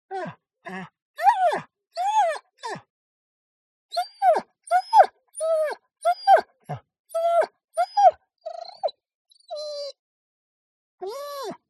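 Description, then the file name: German Shorthaired Pointer whining: a string of short, arched, nasal whimpers, some rising then falling, with brief pauses between and longer gaps early on and near the end. Dog whining. "smartsound ANIMAL DOG GSP Whine"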